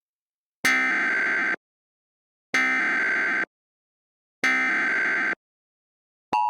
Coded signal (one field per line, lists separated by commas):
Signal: Emergency Alert System (SAME) tones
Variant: header bursts